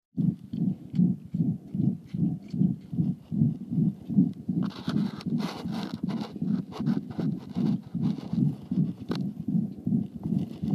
Heart Calf Systolic Murmur. Left.